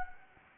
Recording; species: mosquito wingbeat signal from an infrared sensor; Anopheles gambiae